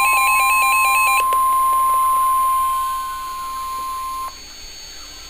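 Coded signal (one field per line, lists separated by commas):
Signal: Emergency Alert System (SAME) tones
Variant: 1050 Hz attention tone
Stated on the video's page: Real NOAA weather radio EAS alert.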